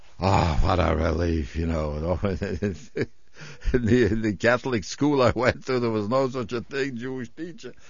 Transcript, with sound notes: Oh, what a relief, you know. ( he laughs ) In the Catholic school I went to there was no such a thing as a Jewish teacher.